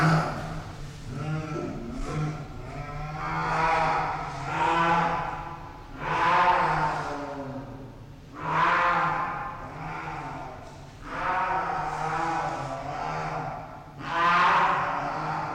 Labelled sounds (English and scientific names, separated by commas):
Jaguar (Panthera onca)